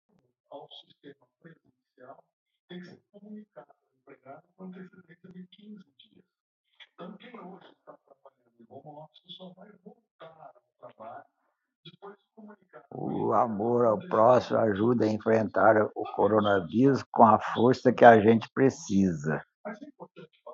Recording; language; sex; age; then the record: spoken sentence; Brazilian Portuguese; male; 70 to 79 years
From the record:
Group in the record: control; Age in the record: 71 years